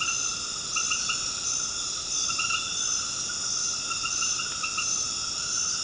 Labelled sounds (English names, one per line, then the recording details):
none
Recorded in dense forest near Puerto Asís, Putumayo, Colombia, on 9 March 2025 at 21:30
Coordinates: 0.486, -76.317
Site G053